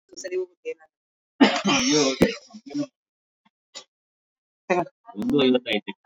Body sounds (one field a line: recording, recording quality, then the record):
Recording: deep breathing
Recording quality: poor, much background noise or distortion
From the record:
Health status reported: recovered from COVID-19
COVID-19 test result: positive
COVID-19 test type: RT-PCR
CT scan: not taken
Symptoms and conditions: cough, cold, sore throat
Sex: female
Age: 41 years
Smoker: no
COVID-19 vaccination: both doses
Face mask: worn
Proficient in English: yes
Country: India